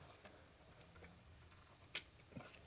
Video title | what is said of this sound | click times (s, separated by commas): Impala check engine light Code P0442,P0496,P0171,P0174, Evap purge. TEST and FIX | Listen for the click. | 2.0 s